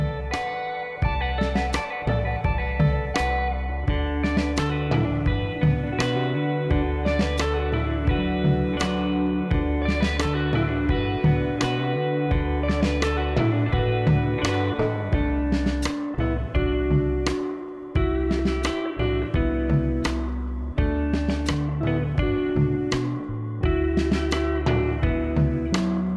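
Recorded in Taormina, Sicily, a steady piece of music plays throughout, with sharp beats landing at a regular, fairly quick pace. A deep bass line moves under sustained held notes, and the loudness stays even from start to finish.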